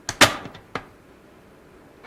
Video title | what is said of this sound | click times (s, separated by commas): Cuisinart How To Use Your Food Processor Part 1 | Use both hands to turn the cover counterclockwise until it clicks. | 0.1 s, 0.8 s